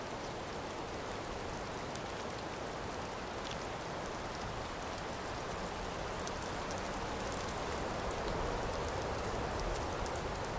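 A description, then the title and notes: Rain falls steadily and densely, a constant wash of patter with no pauses across the whole stretch. Tiny sharp drips tick through the top now and then, more often toward the end, while a soft low rumble sits underneath. Rain sounds.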